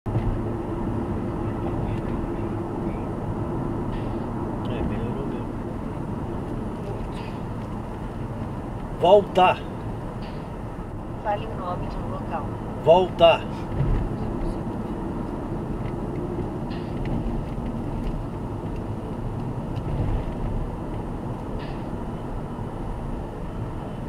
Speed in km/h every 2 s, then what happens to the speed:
78, 77, 71, 71, 71, 73, 72, 63, 60, 62, 65, 66.
0-4 slows to 71. 4-12 steady at about 71. 12-15 brakes to 60.